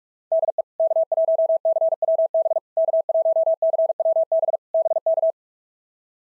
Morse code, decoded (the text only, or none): DE K1CWB K1CWB BK